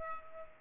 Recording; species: mosquito wingbeat signal from an infrared sensor; Culex pipiens